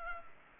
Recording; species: mosquito wingbeat signal from an infrared sensor; Culex pipiens